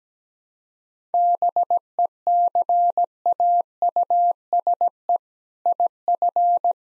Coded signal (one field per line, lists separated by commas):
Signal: Morse code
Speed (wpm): 17 wpm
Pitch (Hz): 700 Hz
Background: none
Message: BECAUSE IF